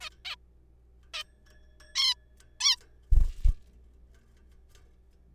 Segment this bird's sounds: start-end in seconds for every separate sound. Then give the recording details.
0.01-0.09, 0.25-0.35, 1.14-1.23, 1.95-2.14, 2.60-2.76. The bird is a juvenile. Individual R3428